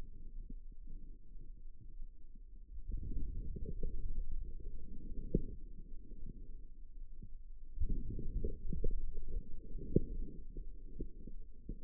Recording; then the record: forearm muscle sounds (acoustic myography)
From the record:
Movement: outward rotation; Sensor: system 2, bracelet of six BSWA MPA416 microphones around the upper forearm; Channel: 4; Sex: female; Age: 25 years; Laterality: right